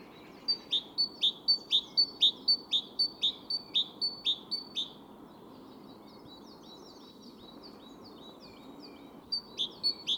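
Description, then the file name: Great tit song: a bright two-note phrase at a high pitch, repeated about four times a second for several seconds, then a pause with faint notes before it resumes. "Parus major"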